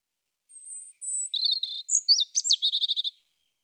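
European robin song: a high thin whistle, then wavering notes and a fast, even run of repeated clicking trill notes closing the phrase.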